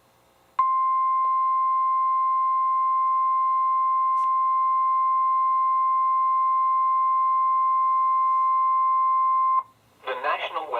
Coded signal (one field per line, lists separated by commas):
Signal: Emergency Alert System (SAME) tones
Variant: 1050 Hz attention tone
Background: speech